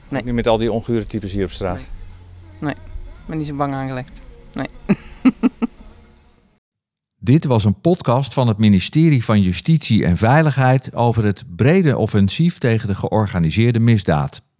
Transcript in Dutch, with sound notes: Ook niet met al die ongure types hier op straat?
Nee, ik ben niet zo bang aangelegd. (Verteld ze een beetje lachend)
Dit was een podcast van het ministerie van Justitie en Veiligheid over het brede offensief tegen de georganiseerde misdaad.